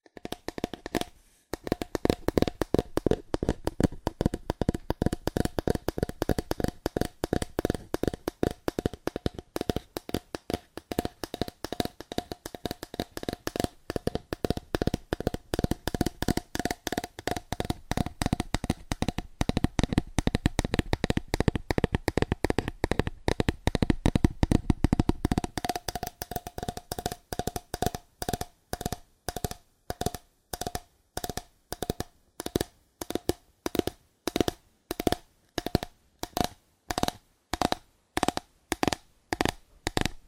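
Fast, aggressive tapping on cardboard in a dense, rapid stream for about 25 seconds, then continuing as slower, evenly spaced knocks.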